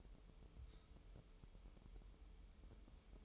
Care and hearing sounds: daily activity, microphone in the room; take from stove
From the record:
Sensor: 1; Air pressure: 988.3 hPa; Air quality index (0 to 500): 202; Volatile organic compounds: 1000 ppm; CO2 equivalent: 5414 ppm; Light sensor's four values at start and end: 26/98/37/39 and 26/97/37/39

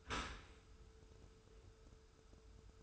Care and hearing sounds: daily activity, microphone in the room; open dishwasher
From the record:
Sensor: 2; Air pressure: 1014.8 hPa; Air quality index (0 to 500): 27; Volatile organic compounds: 1 ppm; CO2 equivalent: 513 ppm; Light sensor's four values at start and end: 10/23/9/10 and 10/23/9/9

